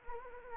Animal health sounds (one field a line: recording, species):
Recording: mosquito wingbeat signal from an infrared sensor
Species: Anopheles gambiae